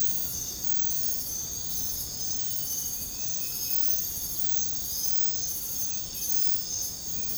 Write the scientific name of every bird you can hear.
none